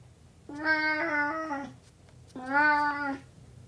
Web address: Burmese cat meowing